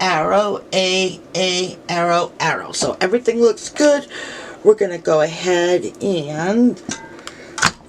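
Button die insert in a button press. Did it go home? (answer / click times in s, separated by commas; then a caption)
yes / 7.3 s, 7.6 s. A button sandwich of image, acetate and shell is swiveled into the metal button press die insert of a We R Makers button press and pressed, while someone talks. Two sharp metallic hits are heard at about 7.3 s and 7.6 s as the die snaps into place, seating confirmed.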